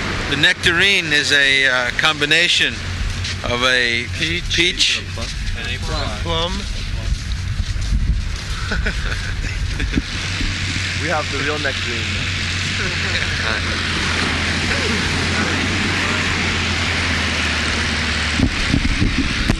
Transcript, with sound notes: the nectarine is a combination of a peach and a plum.
[laughs] We have the real nectarine, though.